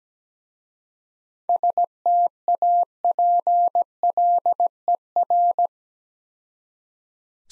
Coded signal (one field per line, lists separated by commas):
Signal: Morse code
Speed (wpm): 17 wpm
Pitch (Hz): 700 Hz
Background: none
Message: STAPLER